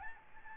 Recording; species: mosquito wingbeat signal from an infrared sensor; Aedes albopictus